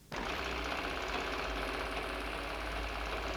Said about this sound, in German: Eine Nähmaschine surrt und rasselt.